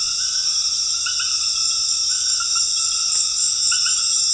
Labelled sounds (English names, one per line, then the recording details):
none
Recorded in dense forest near Puerto Asís, Putumayo, Colombia, on 4 March 2025 at 19:00
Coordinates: 0.484, -76.325
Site G045